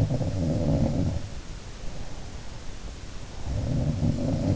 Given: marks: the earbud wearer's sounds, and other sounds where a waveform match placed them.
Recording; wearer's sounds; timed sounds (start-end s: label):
sounds in sleep by an in-ear microphone; breath
0.00-4.56 s: sound from someone else or the room
1.91-3.95 s: breath